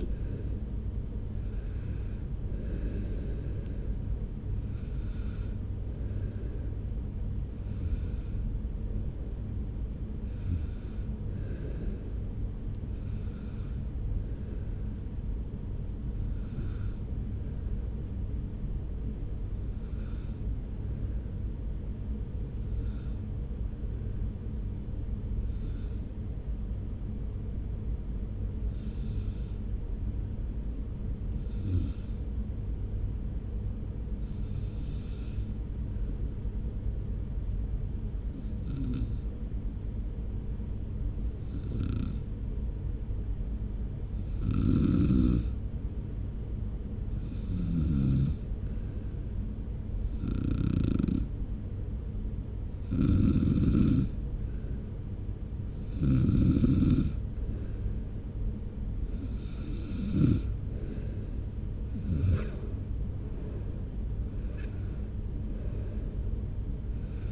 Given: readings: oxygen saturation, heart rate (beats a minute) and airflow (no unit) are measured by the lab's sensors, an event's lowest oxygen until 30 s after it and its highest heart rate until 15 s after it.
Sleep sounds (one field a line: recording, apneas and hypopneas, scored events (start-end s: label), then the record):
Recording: breathing in sleep by a smartphone at the bedside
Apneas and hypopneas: 1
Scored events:
19.00-61.00 s: hypopnea (N1, oxygen 97% highest, then 88% lowest)
45.00-67.32 s: new sleep stage, N2 (light sleep)
From the record:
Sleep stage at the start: N1 (lightest sleep)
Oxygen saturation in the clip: 88 to 97%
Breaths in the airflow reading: 23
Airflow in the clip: -1.8 to 3.5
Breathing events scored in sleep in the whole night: 335 in 6.7 hours asleep